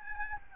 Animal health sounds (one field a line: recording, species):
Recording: mosquito wingbeat signal from an infrared sensor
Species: Aedes albopictus